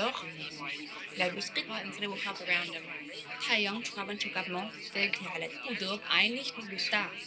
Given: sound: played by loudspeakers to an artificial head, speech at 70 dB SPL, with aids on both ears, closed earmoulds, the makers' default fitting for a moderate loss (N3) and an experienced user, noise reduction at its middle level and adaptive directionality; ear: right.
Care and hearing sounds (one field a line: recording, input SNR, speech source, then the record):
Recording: speech test signal (ISTS) in cocktail-party noise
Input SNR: 0 dB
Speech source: in front (0 degrees)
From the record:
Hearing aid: class 2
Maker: I